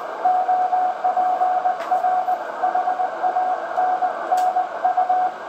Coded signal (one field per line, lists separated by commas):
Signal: Morse code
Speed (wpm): 21 wpm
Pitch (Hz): 720 Hz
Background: radio noise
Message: OPR HANNU